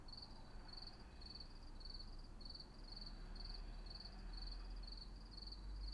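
Cricket chirps in repeated pulsed bursts over a low rumble.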